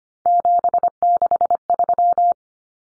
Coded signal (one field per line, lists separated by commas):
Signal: Morse code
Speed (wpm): 25 wpm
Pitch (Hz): 700 Hz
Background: none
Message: 763